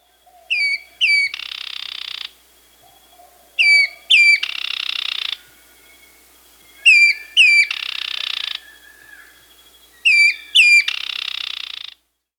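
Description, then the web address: Striped woodhaunter giving paired sharp downslurred notes each followed by a harsh buzzy rattle, repeated about every three seconds, with soft low whistles between some phrases. Recorded in Peru, Amazon region. "Natures Songs S America Birds of the Amazon 2. Striped Woodhaunter (Hyloctistes subulatus), Peru"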